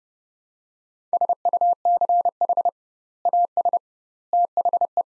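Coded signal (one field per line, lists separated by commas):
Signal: Morse code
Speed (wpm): 30 wpm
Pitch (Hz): 700 Hz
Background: none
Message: SUCH AS THE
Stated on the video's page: Morse practice of three-word sets at 30 wpm with 2x word spacing, a Farnsworth-like approach for words.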